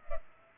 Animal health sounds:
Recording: mosquito wingbeat signal from an infrared sensor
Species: Culex pipiens

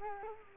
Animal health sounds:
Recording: mosquito wingbeat signal from an infrared sensor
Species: Culex quinquefasciatus

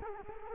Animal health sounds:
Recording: mosquito wingbeat signal from an infrared sensor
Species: Culex quinquefasciatus

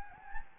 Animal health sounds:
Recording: mosquito wingbeat signal from an infrared sensor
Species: Anopheles gambiae

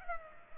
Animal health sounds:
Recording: mosquito wingbeat signal from an infrared sensor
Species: Culex pipiens

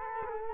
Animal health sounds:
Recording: mosquito wingbeat signal from an infrared sensor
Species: Culex quinquefasciatus

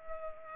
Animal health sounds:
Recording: mosquito wingbeat signal from an infrared sensor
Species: Culex pipiens

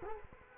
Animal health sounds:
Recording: mosquito wingbeat signal from an infrared sensor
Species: Culex quinquefasciatus

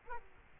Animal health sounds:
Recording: mosquito wingbeat signal from an infrared sensor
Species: Culex quinquefasciatus

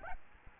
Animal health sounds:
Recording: mosquito wingbeat signal from an infrared sensor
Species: Aedes albopictus

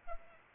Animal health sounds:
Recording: mosquito wingbeat signal from an infrared sensor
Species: Culex pipiens

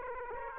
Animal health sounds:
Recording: mosquito wingbeat signal from an infrared sensor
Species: Aedes aegypti

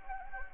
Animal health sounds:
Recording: mosquito wingbeat signal from an infrared sensor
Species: Anopheles gambiae

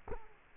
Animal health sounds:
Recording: mosquito wingbeat signal from an infrared sensor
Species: Culex quinquefasciatus

